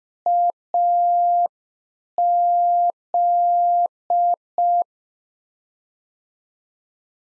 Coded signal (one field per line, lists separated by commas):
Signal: Morse code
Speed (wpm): 5 wpm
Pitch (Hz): 700 Hz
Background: none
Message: AZ